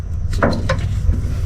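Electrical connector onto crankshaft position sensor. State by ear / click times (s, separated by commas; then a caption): seated / 0.4 s. An electrical connector is pushed back onto a new crankshaft position sensor on a 2008–2018 Toyota Corolla, replaced to fix rough engine idling. A short knock at 0.3 s leads into a sharp click at 0.4 s as the connector seats, followed by another tap at 0.7 s over a steady low hum. The connector is clicked in and secure.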